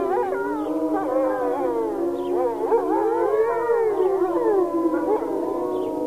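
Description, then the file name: Wolf: several wolves howling at once, long wavering tones arching up and down over one another in a continuous chorus. "vlk vyti"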